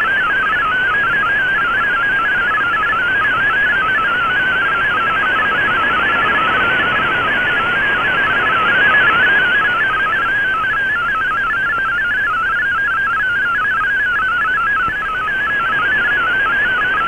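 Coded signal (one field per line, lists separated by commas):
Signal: multi-tone FSK (Olivia or MFSK type)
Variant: MFSK32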